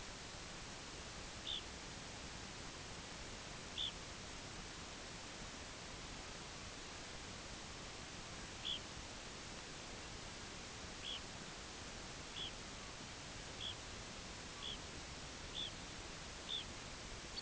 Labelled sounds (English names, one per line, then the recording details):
Red Phalarope
unidentified sound
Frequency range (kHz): Red Phalarope 1.9-5.1 kHz
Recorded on Arctic tundra, site UTQI-8, on 8 June 2019
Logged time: 12:00